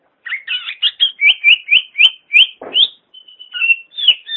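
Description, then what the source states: Greater green leafbird song: a fast run of varied, clear whistled and chattering notes, some rising, in quick bursts with a brief pause near the end. Cucak ijo chirping song.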